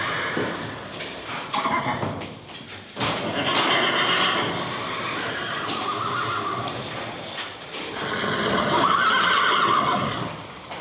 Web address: Auf dem Land wiehernde pferde im stall